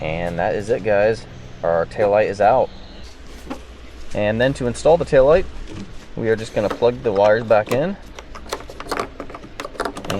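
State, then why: Seated. Someone talks while the taillight assembly of a 2023–2026 Honda CR-V, now removed, has its plastic wiring harness plugs pushed back onto its sockets. Short handling taps and knocks follow, and the plugs click as they seat at about 9.8 and 10.1 seconds, confirming the connectors are seated.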